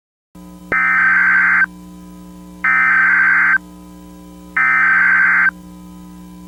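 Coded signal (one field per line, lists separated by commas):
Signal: Emergency Alert System (SAME) tones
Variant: header bursts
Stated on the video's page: Fan-made mock EAS scenario.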